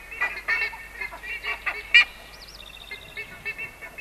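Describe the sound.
Buff-necked ibis giving loud nasal honking calls in short bursts, with a thin wavering whistle from another bird in the background.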